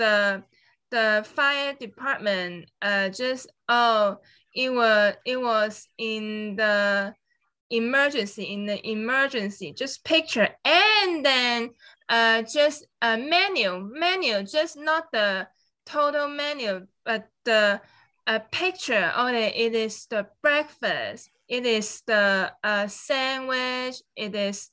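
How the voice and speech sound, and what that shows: Adult woman, a stroke survivor living with aphasia, speaking in fragmented, agrammatic phrases with frequent pauses, repetitions and self-corrections.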